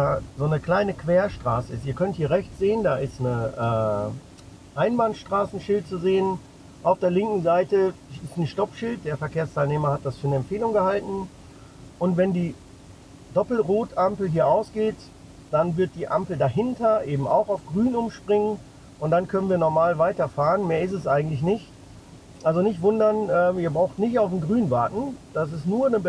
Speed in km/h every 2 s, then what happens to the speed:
9, 2, 0, 0, 0, 0, 0, 0, 0, 0, 0, 0, 0.
0-2 brakes to 2. 2-26 standing.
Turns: none.